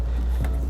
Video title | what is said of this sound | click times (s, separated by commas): 2011 Nissan Rogue Trailer Wiring Installation | there's a tee connect that we can plug right into here and once you hear the click it's nice | 0.4 s